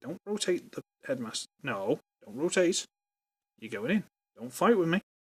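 Someone talks in bursts while working a second plastic Titan Master head into a Transformers Titans Return toy, which keeps rotating and resists the fit. The clip is speech throughout, with no distinct clicks. Nothing has seated or clicked yet.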